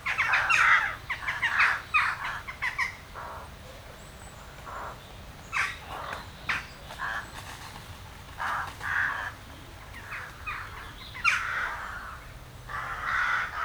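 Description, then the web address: Western jackdaws chattering: harsh, short calls from several birds, loud and crowded at the start, then thinner, scattered bursts through the rest. "Effects 02-Birds, Insects Animals. Birds Crown Jackdaws"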